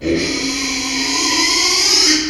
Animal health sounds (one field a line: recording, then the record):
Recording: squeal of a Yucatan mini pig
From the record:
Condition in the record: after surgery on the right vocal fold (resection and tissue-engineered implant)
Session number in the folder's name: 2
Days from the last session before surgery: 13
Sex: male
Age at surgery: 12 weeks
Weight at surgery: 13 kg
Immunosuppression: cyclosporine, prednisolone